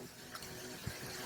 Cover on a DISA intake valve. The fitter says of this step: pry a little more. There we go, and it's releasing this little piece